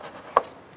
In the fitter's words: it'll pop into place and go ahead and twist that in and it'll stop and lock in that way there